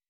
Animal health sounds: hydrophone in a shrimp aquaculture tank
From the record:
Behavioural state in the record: weakened

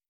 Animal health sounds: hydrophone in a shrimp aquaculture tank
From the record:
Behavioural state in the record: stressed

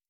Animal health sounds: hydrophone in a shrimp aquaculture tank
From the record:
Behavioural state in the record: starved

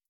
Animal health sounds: hydrophone in a shrimp aquaculture tank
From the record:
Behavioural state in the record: starved

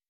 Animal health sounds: hydrophone in a shrimp aquaculture tank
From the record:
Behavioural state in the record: weakened

